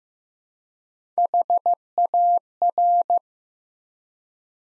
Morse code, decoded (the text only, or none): HAR